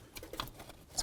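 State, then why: Seated. The rubber boot of the coil ignition wire, marked with a C, is pushed onto the distributor cap terminal of a 1994-2004 Chevy S-10. A sharp click comes at 0.4 s and another at 0.99 s against faint patter-like handling noise. The boot seats fully bottomed out on the terminal.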